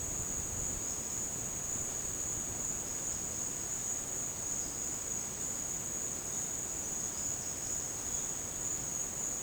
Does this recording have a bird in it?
no